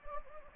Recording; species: mosquito wingbeat signal from an infrared sensor; Anopheles gambiae